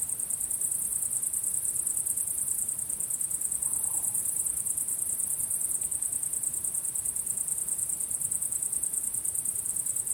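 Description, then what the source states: Cricket chirping in a steady, unbroken high-pitched pulsing trill from start to finish. At sunset.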